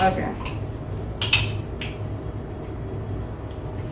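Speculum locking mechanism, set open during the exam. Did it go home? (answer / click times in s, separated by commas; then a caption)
yes / 1.2 s, 1.3 s. During a Pap smear, a speculum is pushed up to open it and lock it in place. After someone talks briefly, two sharp clicks sound at 1.2 s and 1.3 s, followed by a fainter tap near 1.8 s, and the speculum is locked open.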